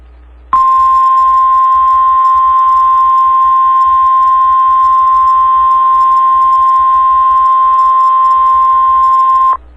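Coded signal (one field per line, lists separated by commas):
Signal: Emergency Alert System (SAME) tones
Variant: 1050 Hz attention tone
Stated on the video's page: Severe Thunderstorm Warning received from the NOAA Weather Radio transmitter at Madison, WI.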